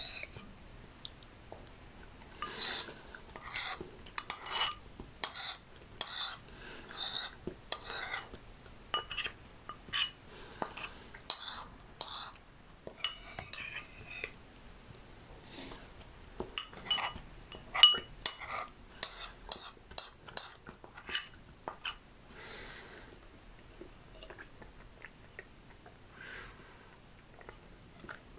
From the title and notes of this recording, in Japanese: 食音#1 玄米甘酒と発酵あんこのぜんざい。自分で作った「玄米甘酒と発酵あんこのぜんざい」を食べている際の音です。